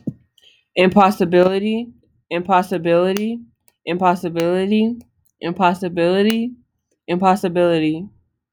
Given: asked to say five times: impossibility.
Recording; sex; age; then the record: repeated word; female; 30 to 39 years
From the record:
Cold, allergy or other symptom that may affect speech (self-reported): no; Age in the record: 39 years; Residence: Michigan, United States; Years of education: 14